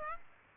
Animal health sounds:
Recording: mosquito wingbeat signal from an infrared sensor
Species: Aedes aegypti

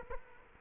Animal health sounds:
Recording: mosquito wingbeat signal from an infrared sensor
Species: Culex quinquefasciatus

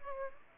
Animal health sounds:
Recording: mosquito wingbeat signal from an infrared sensor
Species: Aedes aegypti

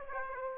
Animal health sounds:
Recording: mosquito wingbeat signal from an infrared sensor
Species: Aedes aegypti

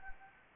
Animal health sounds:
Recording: mosquito wingbeat signal from an infrared sensor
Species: Anopheles gambiae

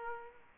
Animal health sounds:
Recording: mosquito wingbeat signal from an infrared sensor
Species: Aedes aegypti

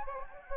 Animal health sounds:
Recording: mosquito wingbeat signal from an infrared sensor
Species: Anopheles gambiae

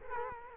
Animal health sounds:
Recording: mosquito wingbeat signal from an infrared sensor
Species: Culex quinquefasciatus

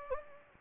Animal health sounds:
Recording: mosquito wingbeat signal from an infrared sensor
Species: Anopheles gambiae

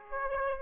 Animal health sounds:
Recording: mosquito wingbeat signal from an infrared sensor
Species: Aedes aegypti

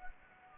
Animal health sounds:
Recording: mosquito wingbeat signal from an infrared sensor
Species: Anopheles arabiensis

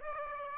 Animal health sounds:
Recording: mosquito wingbeat signal from an infrared sensor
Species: Aedes aegypti

